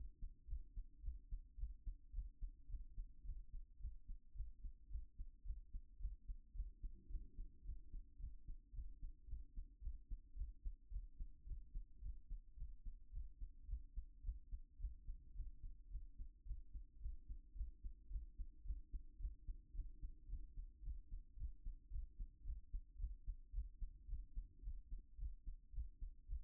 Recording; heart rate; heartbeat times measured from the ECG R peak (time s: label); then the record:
heart sounds by stethoscope; 109 bpm
0.46 s: heartbeat
1.01 s: heartbeat
1.56 s: heartbeat
2.11 s: heartbeat
2.67 s: heartbeat
3.23 s: heartbeat
3.78 s: heartbeat
4.33 s: heartbeat
4.88 s: heartbeat
5.43 s: heartbeat
5.98 s: heartbeat
6.53 s: heartbeat
7.08 s: heartbeat
7.63 s: heartbeat
8.17 s: heartbeat
8.72 s: heartbeat
9.26 s: heartbeat
9.80 s: heartbeat
10.34 s: heartbeat
10.89 s: heartbeat
11.44 s: heartbeat
12.00 s: heartbeat
12.55 s: heartbeat
13.10 s: heartbeat
13.66 s: heartbeat
14.21 s: heartbeat
14.77 s: heartbeat
15.33 s: heartbeat
15.89 s: heartbeat
16.44 s: heartbeat
16.99 s: heartbeat
17.54 s: heartbeat
18.08 s: heartbeat
18.63 s: heartbeat
19.17 s: heartbeat
19.72 s: heartbeat
20.27 s: heartbeat
20.81 s: heartbeat
21.35 s: heartbeat
21.89 s: heartbeat
22.43 s: heartbeat
22.97 s: heartbeat
23.51 s: heartbeat
24.06 s: heartbeat
24.61 s: heartbeat
25.16 s: heartbeat
25.71 s: heartbeat
26.26 s: heartbeat
From the record:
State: after exercise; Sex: male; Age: 40 years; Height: 190 cm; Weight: 114 kg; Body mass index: 31.58